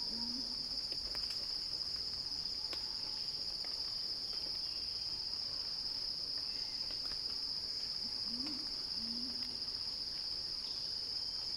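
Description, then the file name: Cicada chorus as an unbroken shrill whine at even strength, with occasional brief low chirps and faint clicks underneath. Cicada song described as a crescendo. "Axel-Drioli Cicada-Crescendo-Sounding-Wild"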